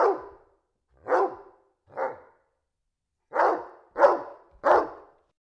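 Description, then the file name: Dog with six rough, forceful barks, roughly one per second, with a brief break midway before three closer barks. Dog barking indoors. "Digiffects Sound Effects Library - Dog Barking Indoors"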